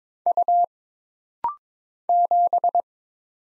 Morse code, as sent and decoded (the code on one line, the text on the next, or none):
..- / --...
U 7